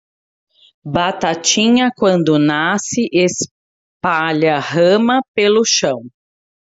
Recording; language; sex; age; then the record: short text; Brazilian Portuguese; female; 40 to 49 years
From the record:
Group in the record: control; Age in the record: 48 years